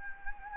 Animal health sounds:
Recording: mosquito wingbeat signal from an infrared sensor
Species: Anopheles gambiae

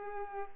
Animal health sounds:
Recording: mosquito wingbeat signal from an infrared sensor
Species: Culex pipiens

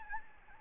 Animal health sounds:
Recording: mosquito wingbeat signal from an infrared sensor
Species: Aedes albopictus

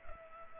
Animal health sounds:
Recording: mosquito wingbeat signal from an infrared sensor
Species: Culex pipiens

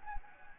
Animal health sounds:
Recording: mosquito wingbeat signal from an infrared sensor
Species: Anopheles gambiae

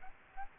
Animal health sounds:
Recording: mosquito wingbeat signal from an infrared sensor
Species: Aedes aegypti

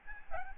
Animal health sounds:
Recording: mosquito wingbeat signal from an infrared sensor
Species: Aedes albopictus

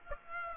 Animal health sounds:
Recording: mosquito wingbeat signal from an infrared sensor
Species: Aedes aegypti

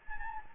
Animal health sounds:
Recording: mosquito wingbeat signal from an infrared sensor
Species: Anopheles gambiae

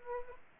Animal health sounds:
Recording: mosquito wingbeat signal from an infrared sensor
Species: Aedes aegypti

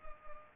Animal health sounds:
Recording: mosquito wingbeat signal from an infrared sensor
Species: Culex pipiens

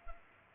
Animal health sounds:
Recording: mosquito wingbeat signal from an infrared sensor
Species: Culex pipiens

